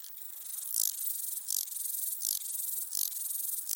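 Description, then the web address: Rattle grasshopper song, dry rasping bursts of high hiss, five loud pulses spaced about three quarters of a second apart over a steady faint buzz. Écrins National Park. "ecrins-parcnational criquetjacasseur"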